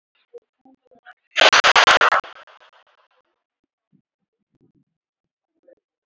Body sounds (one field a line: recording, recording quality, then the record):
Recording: shallow breathing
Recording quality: moderate, slight background noise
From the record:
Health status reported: COVID-19 positive, no symptoms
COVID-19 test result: positive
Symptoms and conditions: sore throat, muscle pain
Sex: female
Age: 31 years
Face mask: worn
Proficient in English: yes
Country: India